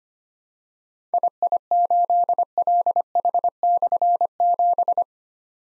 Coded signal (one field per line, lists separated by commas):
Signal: Morse code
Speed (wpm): 25 wpm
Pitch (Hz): 700 Hz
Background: none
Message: II8LH/7